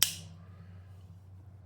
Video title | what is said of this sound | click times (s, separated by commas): 1972-74 Buck 110. Another Fantastic Find! | So I'll open this up. You can hear the snap. | 0.0 s